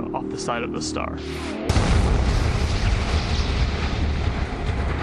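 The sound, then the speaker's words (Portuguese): After a short stretch of tonal, humming sound, a sudden deep explosive boom of a magnetar's crust rupturing and expelling a fireball from the star bursts in and rolls on as a loud, sustained, rumbling roar until the end. “O campo magnético reconfigura-se com menos energia, e quando isso ocorre, uma bola de fogo é expelida pelo lado da estrela.”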